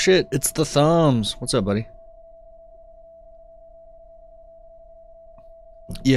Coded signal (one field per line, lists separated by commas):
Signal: PSK31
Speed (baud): 31.25 baud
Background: speech